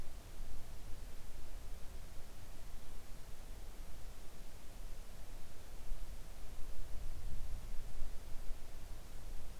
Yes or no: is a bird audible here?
no